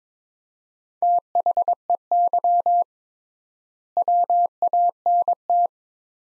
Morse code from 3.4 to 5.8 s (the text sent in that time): WANT